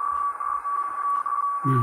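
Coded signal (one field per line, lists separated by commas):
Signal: Hellschreiber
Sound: a single buzzy tone near 1.1 kHz, rapidly chopped, smeared in hiss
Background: radio static, brief voice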